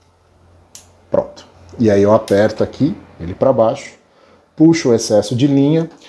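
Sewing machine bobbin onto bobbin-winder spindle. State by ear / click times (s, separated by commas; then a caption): seated / 1.1 s. A metal bobbin is pushed and turned onto the bobbin-winder spindle of an old black sewing machine until the spindle's latch tongue engages the bobbin hole, and it seats with a short, sharp click at 1.1 s. Someone then talks while pressing the winder down.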